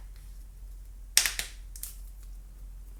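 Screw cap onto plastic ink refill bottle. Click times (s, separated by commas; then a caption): 1.2 s. A screw cap is turned back onto a plastic ink refill bottle after filling the tank of an Epson ET-3850 printer. Against a quiet background, one loud, sharp click at 1.2 s stands out, followed by fainter ticks at 1.3 s, 1.4 s and 1.8 s. The cap clicks shut.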